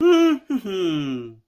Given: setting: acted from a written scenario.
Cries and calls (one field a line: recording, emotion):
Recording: vocal sound without words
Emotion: positive surprise